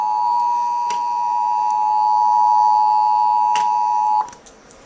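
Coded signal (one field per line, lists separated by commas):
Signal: Emergency Alert System (SAME) tones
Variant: 853 and 960 Hz attention tone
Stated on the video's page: Tornado warning EAS alert received on a television.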